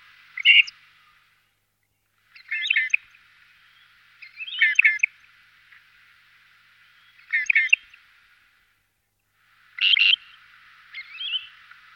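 Great grey shrike uttering short clipped notes in small clusters every two to three seconds over a steady faint hiss.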